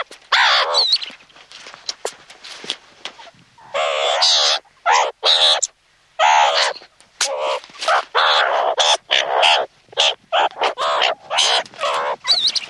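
Meerkat calls in short, choppy bursts of squeaky chatter, separated by brief silent gaps throughout.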